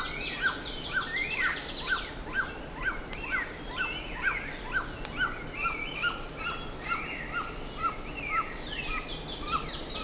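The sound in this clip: Repeated short bird notes keep a regular beat while varied higher chirps, whistles and trills from several birds fill the background.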